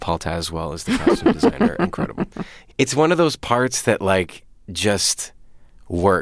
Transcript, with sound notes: Paul Tazewell is the costume director - incredible. (Laughter) It's one of those parts that, like, just works.